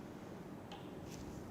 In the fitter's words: there's a click sound and the next objective comes into position so each objective is usually marked with a color